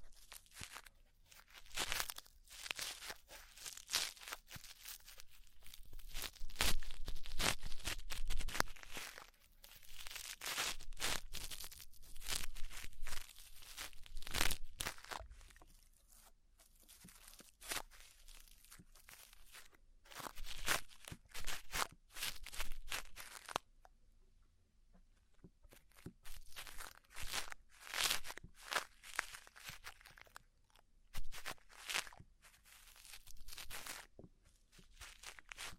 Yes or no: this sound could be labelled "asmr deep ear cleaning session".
yes